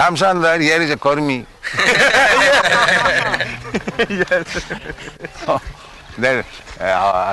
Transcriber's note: laughter